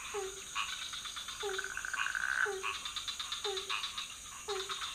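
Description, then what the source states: Frogs calling: a regular series of short downward croaks, joined by scattered rattling notes. Several frog species calling at night in a pond near a hotel in Ubud, Bali, Indonesia; recorded with Sony PCM D50, Rode NT4 and Rode boompole.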